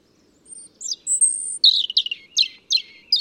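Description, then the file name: European robin singing a long high whistle, followed by a series of short falling notes. "Erithacus rubecula"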